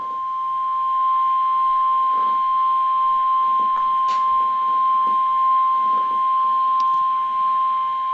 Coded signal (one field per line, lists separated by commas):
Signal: Emergency Alert System (SAME) tones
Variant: 1050 Hz attention tone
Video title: Pre-Independence Day EAS Marathon! July 3, 2022 (EAS#630-650)